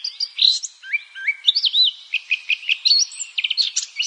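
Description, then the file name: Eurasian blackcap song, a lively warble mixing clear whistled slurs, short rising notes and rapid chattering phrases, delivered in uneven bursts over about four seconds. "Sylvia atricapilla"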